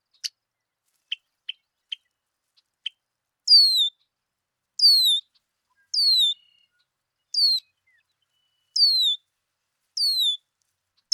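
Red-winged blackbird giving sharp short chips, then clear descending slurred whistles with a harmonic overtone, repeated roughly every one and a half seconds.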